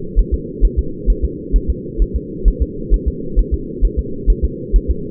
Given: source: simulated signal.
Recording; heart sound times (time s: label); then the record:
fetal heart sounds
0.19 s: S1
0.34 s: S2
0.65 s: S1
0.79 s: S2
1.10 s: S1
1.25 s: S2
1.56 s: S1
1.70 s: S2
2.02 s: S1
2.16 s: S2
2.48 s: S1
2.62 s: S2
2.94 s: S1
3.08 s: S2
3.39 s: S1
3.54 s: S2
3.85 s: S1
3.99 s: S2
4.30 s: S1
4.45 s: S2
4.76 s: S1
4.91 s: S2
From the record:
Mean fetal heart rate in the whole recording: 130 bpm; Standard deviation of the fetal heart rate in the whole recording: 2 bpm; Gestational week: 36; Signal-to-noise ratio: -4.3 dB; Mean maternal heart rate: 72 bpm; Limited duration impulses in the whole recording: absent